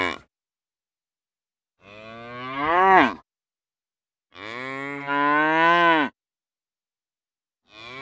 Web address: the sound pack tree. cow moos